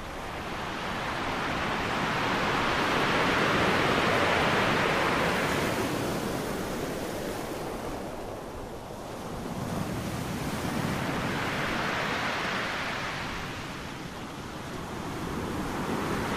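Waves wash onto a sandy beach in two slow surges, peaking around four and twelve seconds, a steady rushing hiss swelling and receding between.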